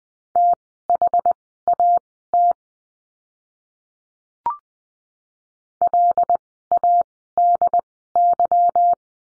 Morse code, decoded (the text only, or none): THAT LADY